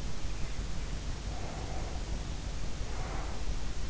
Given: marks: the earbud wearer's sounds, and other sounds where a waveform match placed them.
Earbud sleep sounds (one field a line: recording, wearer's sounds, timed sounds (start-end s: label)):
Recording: sounds in sleep by an in-ear microphone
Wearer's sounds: breath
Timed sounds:
1.22-3.74 s: breath